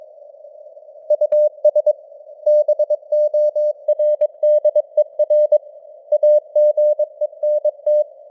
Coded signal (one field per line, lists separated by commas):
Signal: Morse code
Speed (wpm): 22 wpm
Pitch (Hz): 600 Hz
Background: none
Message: US BORDER AGENT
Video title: Morse Code News | 2026-01-10 | 22wpm